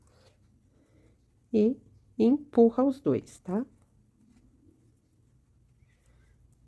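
The zipper tape ends are being handled and pushed into a zipper slider while someone talks over a quiet background. Nothing has seated or clicked yet, and the clip ends before the slider goes home.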